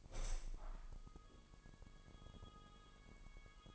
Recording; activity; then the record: daily activity, microphone in the room; open window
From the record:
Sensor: 5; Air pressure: 1000.0 hPa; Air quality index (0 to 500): 246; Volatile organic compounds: 33 ppm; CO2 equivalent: 3028 ppm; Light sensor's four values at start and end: 34/80/32/30 and 34/80/32/31